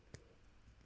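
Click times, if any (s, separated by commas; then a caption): none. A plastic zip tie tail is pushed into its locking head from the wrong, non-locking side, so the pawl does not catch. One brief sharp tap sounds at about 0.1 s against quiet background noise. Nothing has clicked or locked yet.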